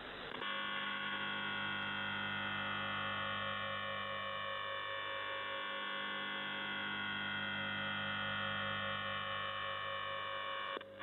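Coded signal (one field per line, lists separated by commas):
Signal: channel marker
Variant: UVB-76 (The Buzzer)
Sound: a steady, harsh, low buzz with many overtones, lasting about eleven seconds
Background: radio static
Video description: "The Buzzer" is a Russian military radiostation that broadcasts on 4625 kHz.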